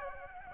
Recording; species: mosquito wingbeat signal from an infrared sensor; Aedes aegypti